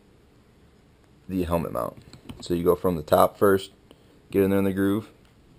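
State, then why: Not seated. Someone talks while a Sena Prism camera clip mount is handled into its helmet mount base, hooked in at the top first and guided into the groove. Only faint brief ticks sound near 1.0 s and 5.3 s. The clip ends before the part goes home, so nothing has seated or clicked yet.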